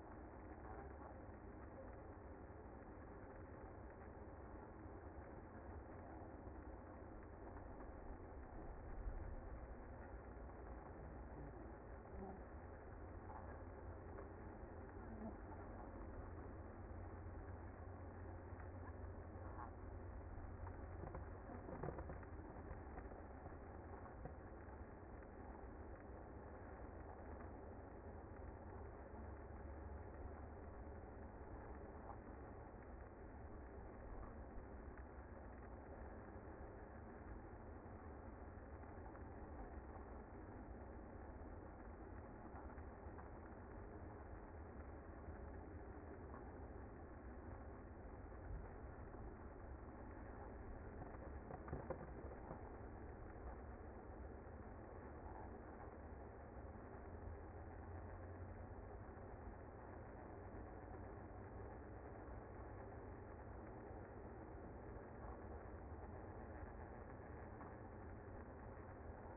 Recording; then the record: honeybee colony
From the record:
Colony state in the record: active